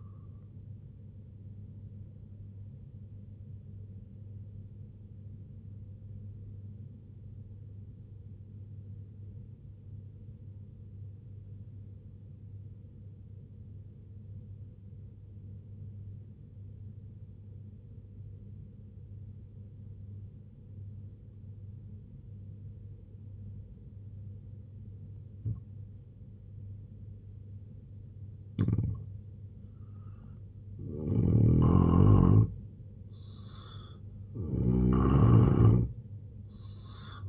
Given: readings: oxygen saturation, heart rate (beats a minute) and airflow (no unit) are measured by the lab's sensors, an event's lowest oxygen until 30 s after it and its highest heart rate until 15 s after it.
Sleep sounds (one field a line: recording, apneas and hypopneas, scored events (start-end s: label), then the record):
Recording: breathing in sleep by a smartphone at the bedside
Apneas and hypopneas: 1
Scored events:
7.00-27.30 s: obstructive apnea (N2, oxygen 96% highest, then 84% lowest, heart rate 65 at the start, 81 highest)
From the record:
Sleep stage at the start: N2 (light sleep)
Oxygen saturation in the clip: 86 to 96%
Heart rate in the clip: 61 to 80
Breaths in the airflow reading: 4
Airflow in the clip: -4.0 to 5.5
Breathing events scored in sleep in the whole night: 258 in 7.4 hours asleep